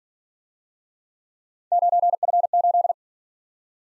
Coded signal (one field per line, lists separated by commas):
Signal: Morse code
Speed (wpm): 46 wpm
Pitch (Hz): 700 Hz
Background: none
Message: 9F8